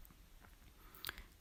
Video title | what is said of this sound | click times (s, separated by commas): Kirsty embriodery training | you'll hear it click | 1.0 s, 1.1 s